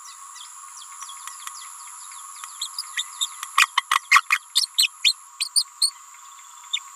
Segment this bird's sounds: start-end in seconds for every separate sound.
2.61-2.68, 2.78-2.82, 2.96-3.03, 3.20-3.27, 3.57-3.68, 3.90-4.00, 4.11-4.22, 4.30-4.39, 4.55-4.67, 4.77-4.89, 5.03-5.14, 5.39-5.48, 5.55-5.64, 5.81-5.92, 6.73-6.79